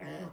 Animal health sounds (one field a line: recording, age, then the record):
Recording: pig call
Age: piglet (1 to 25 days)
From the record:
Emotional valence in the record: negative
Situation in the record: restrain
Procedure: sham castration, cut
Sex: male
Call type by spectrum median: low-frequency call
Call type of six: low-frequency stable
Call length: 0.32 s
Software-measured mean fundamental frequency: 58 Hz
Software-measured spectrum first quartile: 249 Hz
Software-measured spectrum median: 512 Hz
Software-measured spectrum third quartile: 1115 Hz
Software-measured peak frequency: 169 Hz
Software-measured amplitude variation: 81 dB a second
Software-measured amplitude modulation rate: 20.3 a second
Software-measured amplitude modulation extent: 4.0 dB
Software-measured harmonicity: 1.8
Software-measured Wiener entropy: -0.62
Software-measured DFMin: 1385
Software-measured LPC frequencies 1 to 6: 541, 1891, 2990, 4581, 5376, 5996 Hz